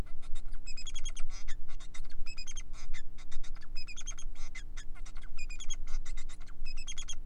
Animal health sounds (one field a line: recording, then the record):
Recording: song of a male Bengalese finch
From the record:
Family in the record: son of father 4